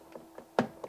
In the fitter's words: it locks into place.